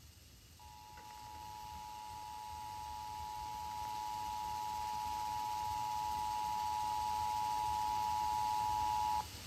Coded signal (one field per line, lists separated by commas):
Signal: Emergency Alert System (SAME) tones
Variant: 853 and 960 Hz attention tone